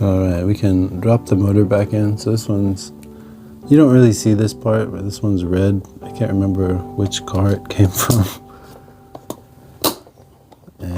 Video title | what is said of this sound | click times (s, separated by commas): Supra MA Chassis Evolution: Pro-Spec Tech Meets Street-Race Style | you get that nice little click. Uh, that's how you know that's not going to go anywhere. | 9.9 s